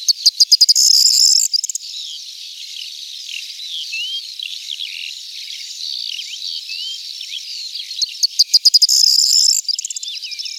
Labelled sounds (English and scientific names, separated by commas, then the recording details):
Corn Bunting (Emberiza calandra) song
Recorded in the wild
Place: Nagyivan / Hortobagy Nationalpark, HU
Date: 1990-05-15
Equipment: stereo
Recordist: Schwarz, Dieter
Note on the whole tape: Song